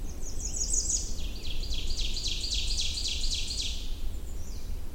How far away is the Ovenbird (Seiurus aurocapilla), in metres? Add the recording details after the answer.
about 25 m. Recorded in boreal forest in Alberta, Canada, on 21 June 2016 at 08:39. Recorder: SongMeter 3, array SBT-6-81. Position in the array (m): 63 m, 130 m. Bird 23